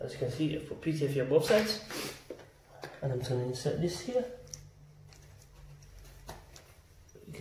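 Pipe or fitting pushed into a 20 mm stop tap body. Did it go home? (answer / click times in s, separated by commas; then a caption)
yes / 4.5 s. A pipe or fitting wrapped with PTFE tape on both sides is pushed into the body of a new 20 mm stop tap while someone talks. A sharp click at 4.5 s marks it seating, followed by a few faint handling knocks.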